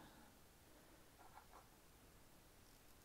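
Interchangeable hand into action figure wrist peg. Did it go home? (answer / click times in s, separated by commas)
no / none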